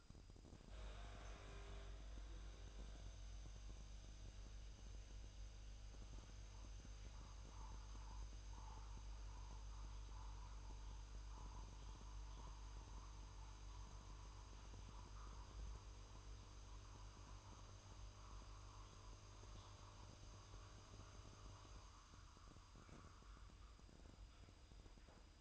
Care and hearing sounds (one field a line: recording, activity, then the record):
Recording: daily activity, microphone in the room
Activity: make coffee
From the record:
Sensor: 2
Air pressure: 988.4 hPa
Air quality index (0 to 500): 189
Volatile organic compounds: 173 ppm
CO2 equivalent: 4116 ppm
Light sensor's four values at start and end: 20/69/27/26 and 20/69/27/26